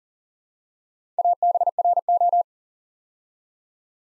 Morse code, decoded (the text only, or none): ABRO